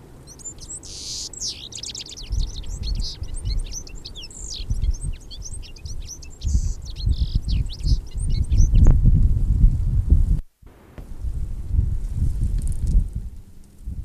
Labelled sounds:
Citril Finch song
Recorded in the wild
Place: Garmisch-Partenkirchen, Bayern, DE
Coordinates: 47.5072, 11.1436
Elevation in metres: 1729
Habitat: mountains
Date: 1967-03-26
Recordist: Tretzel, Erwin

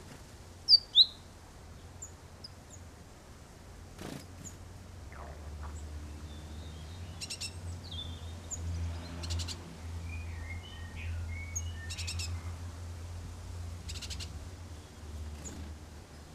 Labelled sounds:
Great Tit begging call
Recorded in the wild
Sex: female
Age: adult
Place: Kaiserslautern, Rheinland-Pfalz, DE
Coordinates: 49.4247, 7.77889
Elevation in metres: 279
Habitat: garden
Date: 1986-05-08
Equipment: Nagra IV, Sennheiser MKH 405
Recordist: Tretzel, Erwin

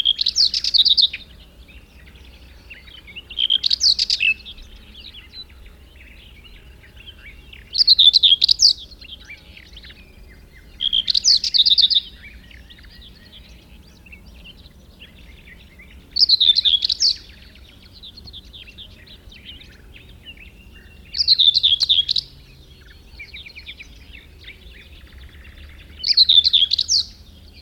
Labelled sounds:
Common Whitethroat song
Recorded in the wild
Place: Primorsko, Burgas, BG
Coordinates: 42.268, 27.753
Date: 1974-06-01
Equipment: Nagra III BH, Sennheiser MD 21, parabola
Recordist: Schubert, Michael
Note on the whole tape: Gesang Dorngrasmücke (nicht ganz gelöschte Aufnahmereste)

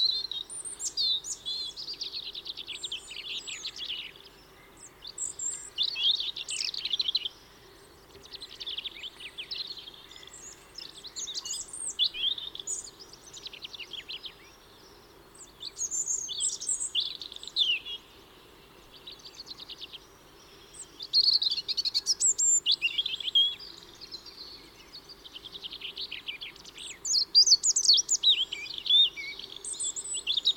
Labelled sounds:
European Robin song
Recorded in the wild
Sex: male
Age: adult
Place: Kaiserslautern, Rheinland-Pfalz, DE
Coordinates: 49.4284, 7.7786
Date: 1978-03-28
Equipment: Nagra IV, Sennheiser MKH 405, Parabolreflektor
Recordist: Tretzel, Erwin
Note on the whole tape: Wohl Garten Pascalstraße: Gesang eines Rotkehlchens

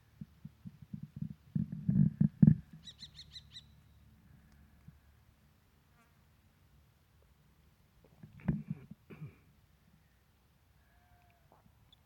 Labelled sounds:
Common Kestrel call
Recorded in the wild
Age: adult
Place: Flemmingen, Thuringia, DE
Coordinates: 50.9369, 12.6254
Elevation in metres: 250
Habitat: field
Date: 2024-07-27 16:20
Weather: 20-25°C, cloudy
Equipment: Sound Devices MixPre6, Sennheiser MKH8060
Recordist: Frommolt, Karl-Heinz
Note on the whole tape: Kestrel sitting on a power pole

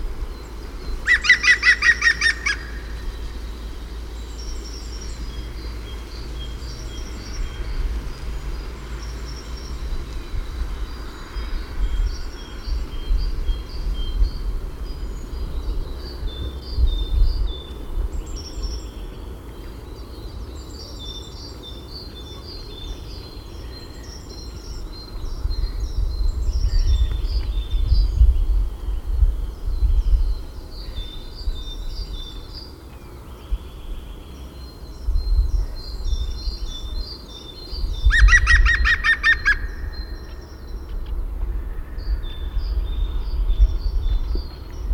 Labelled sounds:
European Green Woodpecker call
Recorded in the wild
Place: Schorfheide, Brandenburg, DE
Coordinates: 52.907, 13.531
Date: 1989-11-01
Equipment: Nagra III BH, Sennheiser MD 21, parabola
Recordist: Schubert, Michael

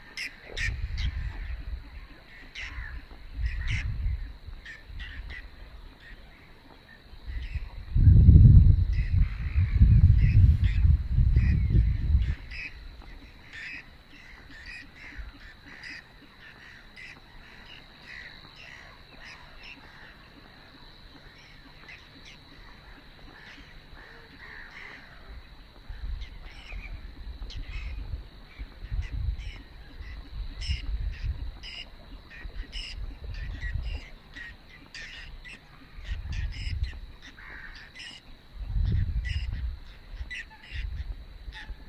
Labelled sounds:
Whiskered Tern call
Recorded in the wild
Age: adult
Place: Warsow, Kummerower See, Mecklenburg-Vorpommern, DE
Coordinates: 53.8367, 12.8356
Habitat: wetland
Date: 2012-05-24 04:54
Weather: 8°C, sunny, weak winds from NE
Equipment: Sound Devices 702, Sennheiser MKH 70, Rycote Windschutz
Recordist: Frommolt, Karl-Heinz

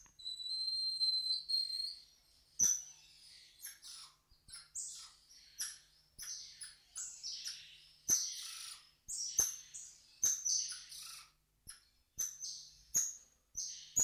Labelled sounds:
Golden Lion Tamarin call
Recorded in captivity
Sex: male
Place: Zoo Magdeburg, Sachsen-Anhalt, DE
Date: 1989-05-12 12:22
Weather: bedeckt, z.T. Regen, 12°C
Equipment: Sony WM-D6C, Kopie 19 cm
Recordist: Tembrock, Günter
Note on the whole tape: Einzelnes Männchen: diverse Laute

